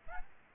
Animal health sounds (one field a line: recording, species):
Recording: mosquito wingbeat signal from an infrared sensor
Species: Aedes albopictus